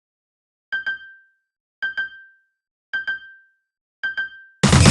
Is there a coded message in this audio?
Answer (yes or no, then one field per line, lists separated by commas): no